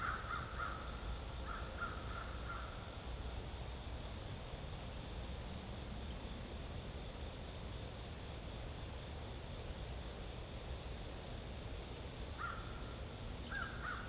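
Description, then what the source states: Crow giving a few harsh caws at the start and again near the end, with a long quiet stretch between, all over constant traffic roar. Crows calling amid traffic.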